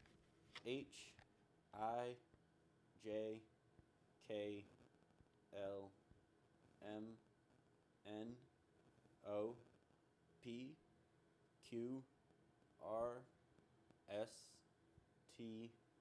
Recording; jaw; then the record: letters of the alphabet, spoken; free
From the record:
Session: seven days later